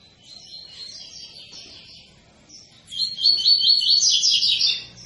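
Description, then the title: Double-collared seedeater with a soft, quiet trill first, then a louder, rapid ringing run of high repeated notes. Tui-tui song style, used as a tutor song for teaching young birds. "COLEIRO TUI TUI FIBRA CANTO PROFESSOR"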